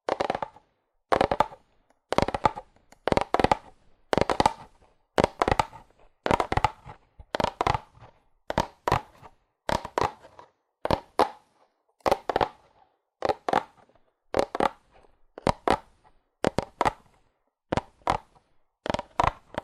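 Fast, aggressive tapping on cardboard comes in quick clusters of sharp knocks, roughly one cluster every second, each with a crisp papery crunch. The rhythm stays steady across the whole stretch, with near silence between bursts and no other sounds.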